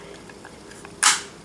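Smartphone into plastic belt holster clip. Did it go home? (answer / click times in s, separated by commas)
yes / 0.8 s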